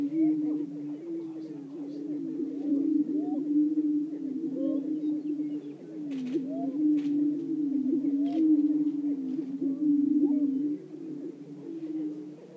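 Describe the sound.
Several greater prairie-chickens boom in a low, sustained hum, while chattering, yelping notes rise and fall over it, broken by occasional brief taps.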